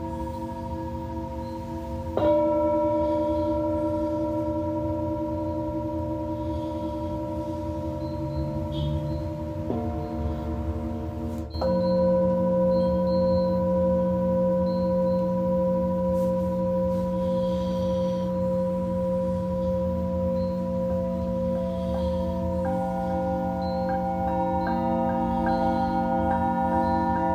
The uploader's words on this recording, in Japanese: 明日は死者の日のメキシコから サウンドヒーリングライブ。チベタンシンギングボウル。